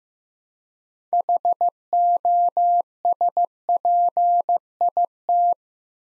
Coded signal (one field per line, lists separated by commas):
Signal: Morse code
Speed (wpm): 15 wpm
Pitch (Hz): 700 Hz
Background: none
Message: HOSPIT